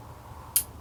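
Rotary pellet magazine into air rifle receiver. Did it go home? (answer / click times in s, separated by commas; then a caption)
yes / 0.6 s. A 12-shot rotary pellet magazine is slid all the way forward into the receiver of a Crosman 1077 CO2 .177 semi-auto pellet rifle. After a low, quiet background, one sharp, bright click at 0.6 s marks the magazine locking and seating home.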